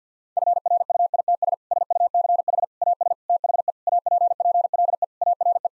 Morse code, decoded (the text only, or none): FRUITS SUCH AS THE APPLE ARE